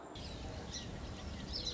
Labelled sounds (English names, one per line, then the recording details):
Song Sparrow
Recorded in Sonoma County, California